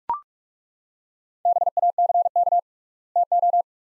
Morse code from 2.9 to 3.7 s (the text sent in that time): TO